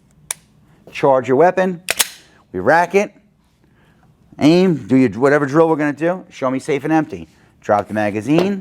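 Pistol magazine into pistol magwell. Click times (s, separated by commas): 0.3 s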